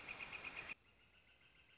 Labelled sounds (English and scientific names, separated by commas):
Northern Flicker (Colaptes auratus)